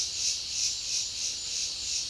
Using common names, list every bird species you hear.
none